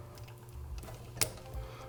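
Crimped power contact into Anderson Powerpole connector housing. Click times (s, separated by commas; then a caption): 1.2 s. A crimped contact on a wire is pushed into an Anderson Powerpole plastic housing on a bag's power port. After some quiet handling noise, a sharp click comes at 1.2 s as the contact seats, the first of two clicks needed.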